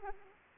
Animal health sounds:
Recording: mosquito wingbeat signal from an infrared sensor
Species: Anopheles arabiensis

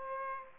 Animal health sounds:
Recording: mosquito wingbeat signal from an infrared sensor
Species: Aedes aegypti

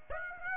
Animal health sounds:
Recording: mosquito wingbeat signal from an infrared sensor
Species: Aedes aegypti

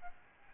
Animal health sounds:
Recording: mosquito wingbeat signal from an infrared sensor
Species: Aedes albopictus

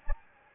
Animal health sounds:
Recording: mosquito wingbeat signal from an infrared sensor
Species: Anopheles gambiae

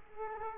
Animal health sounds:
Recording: mosquito wingbeat signal from an infrared sensor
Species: Culex quinquefasciatus

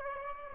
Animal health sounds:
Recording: mosquito wingbeat signal from an infrared sensor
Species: Aedes aegypti

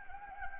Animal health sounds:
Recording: mosquito wingbeat signal from an infrared sensor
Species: Anopheles gambiae

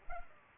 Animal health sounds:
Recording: mosquito wingbeat signal from an infrared sensor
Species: Culex pipiens

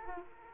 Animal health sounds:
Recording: mosquito wingbeat signal from an infrared sensor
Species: Aedes aegypti

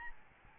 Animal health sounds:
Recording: mosquito wingbeat signal from an infrared sensor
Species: Aedes albopictus

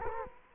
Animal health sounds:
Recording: mosquito wingbeat signal from an infrared sensor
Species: Culex quinquefasciatus

